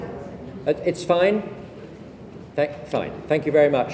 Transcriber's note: crowd chatter